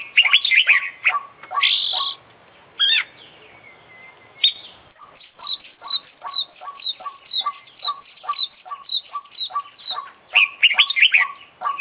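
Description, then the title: Oriental magpie-robin song: tumbling whistles and chirps, then a long steady series of evenly repeated short notes before richer phrases return. Champion bird from an Indonesian songbird contest, international winner; full isian (fill-in song material) used for training; described as gacor, singing constantly. "Kicau Mania - Full Isian Juara Internasional Burung KACER Gacor"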